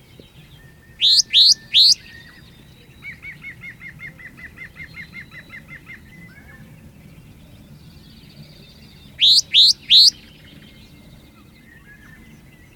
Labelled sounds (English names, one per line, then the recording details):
Sombre Tit call
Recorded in the wild
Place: Džebel, Khaskovo, BG
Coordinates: 41.312, 25.274
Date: 1974-05-29
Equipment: Nagra III BH, Sennheiser MD 21, parabola
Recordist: Schubert, Michael